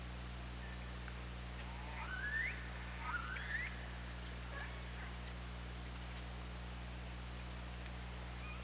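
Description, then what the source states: Orca calls, three short upswept harmonic calls in quick succession, then quiet, over a constant low hum. Recorded on the OrcaLab hydrophone, 24 August 2017 at 20:54:04.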